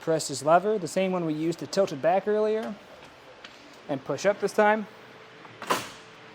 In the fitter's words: until it clicks into place.